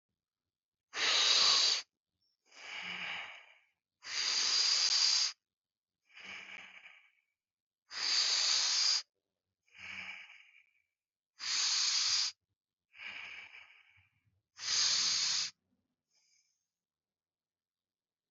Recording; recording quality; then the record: deep breathing; excellent, no background noise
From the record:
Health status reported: healthy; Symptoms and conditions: diabetes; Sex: male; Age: 41 years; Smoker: yes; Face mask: not worn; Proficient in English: yes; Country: India